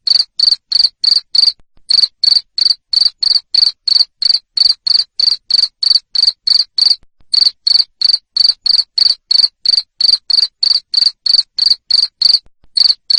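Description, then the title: Cricket giving loud high chirps, about three each second, with several brief pauses in the series. Loud cricket chirping used to stimulate lovebirds to sing continuously. "Suara JANGKRIK NGERIK Keras Bikin LOVEBIRD Jadi NGEKEK Terus Vubey"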